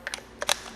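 A 3 mm orbit drive attachment is pushed into the quick-connect collar of a Flex PXE80 cordless mini polisher head. A few light clicks at 0.1 s and 0.4 s lead to a sharp snap at 0.5 s as it locks in place, seated and ready to use.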